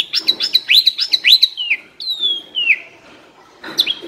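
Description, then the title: Asian pied starling song: quick series of looping whistled notes, followed by longer falling whistles and a final harsh chirp. Training recording (masteran) used to teach caged birds that sing too little and are sluggish to sing more. "Masteran Jalak Suren AMPUH Dan EFEKTIF Atasi Burung KURANG GACOR Dan LOYO"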